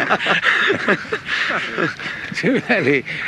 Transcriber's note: laughter